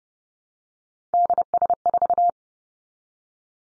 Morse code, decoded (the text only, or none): DS4